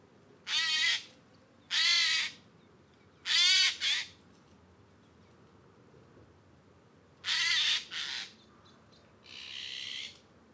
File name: Garrulus glandarius